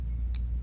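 The brake light switch wiring connector on a dirt bike is plugged into the wiring harness plug, seating with a single sharp click at 0.4 s over a steady low rumble. No one talks.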